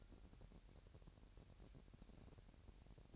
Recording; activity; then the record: daily activity, microphone in the room; place on stove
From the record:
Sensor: 2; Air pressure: 1011.9 hPa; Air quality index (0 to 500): 198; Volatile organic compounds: 3 ppm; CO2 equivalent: 1400 ppm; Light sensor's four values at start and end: 64/153/63/60 and 64/153/63/60